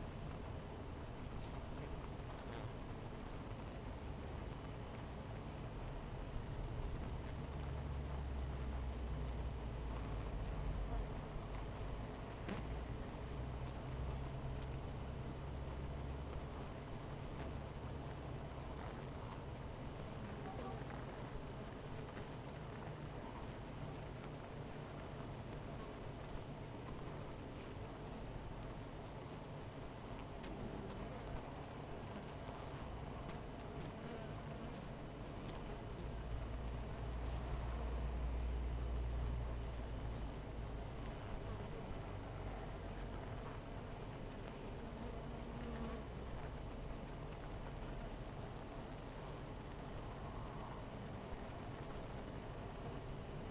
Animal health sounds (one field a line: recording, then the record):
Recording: honeybee colony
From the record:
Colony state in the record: missing queen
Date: 14 July 2017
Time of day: 17:33